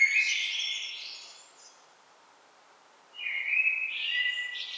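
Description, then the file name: Common blackbird song, a warbled phrase with a squeaky high ending, a quiet gap, then a second mellow phrase rising into twittering. "Turdus merula"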